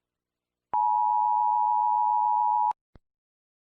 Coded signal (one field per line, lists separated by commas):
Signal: Emergency Alert System (SAME) tones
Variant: 853 and 960 Hz attention tone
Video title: Eas Sanrio-melon playground- Mark Cliff